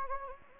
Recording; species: mosquito wingbeat signal from an infrared sensor; Anopheles gambiae